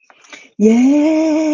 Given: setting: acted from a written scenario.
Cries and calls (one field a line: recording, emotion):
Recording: vocal sound without words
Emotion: ecstasy